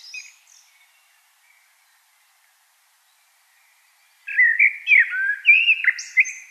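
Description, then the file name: Common blackbird song: after a long quiet stretch, one rich fluted warbling phrase begins, mellow low notes breaking into higher squeaky twitters at the end. "Turdus merula"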